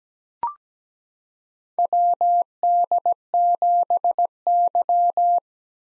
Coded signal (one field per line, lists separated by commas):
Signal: Morse code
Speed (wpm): 17 wpm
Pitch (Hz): 700 Hz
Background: none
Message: WD7Y